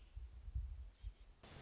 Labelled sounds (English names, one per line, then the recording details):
American Robin
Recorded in Sonoma County, California